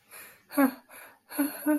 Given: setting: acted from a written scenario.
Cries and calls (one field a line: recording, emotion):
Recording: vocal sound without words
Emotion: distress